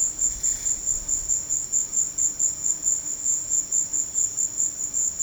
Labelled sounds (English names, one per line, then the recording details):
none
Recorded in pastures near Puerto Asís, Putumayo, Colombia, on 13 March 2025 at 15:00
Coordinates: 0.502, -76.324
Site GP07